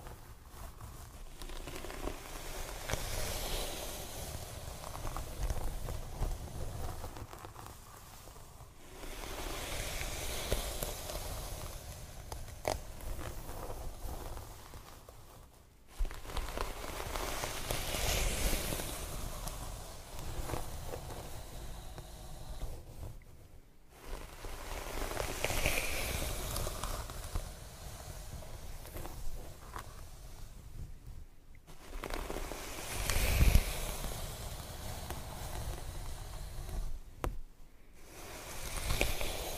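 Scalp massage and hair brushing: a steady, dense rustle of bristles and fingers rubbing through hair, with a low rubbing undertone. Long brushing passes swell and fade in repeating waves, broken by brief pauses near 16, 24, 31 and 37 seconds.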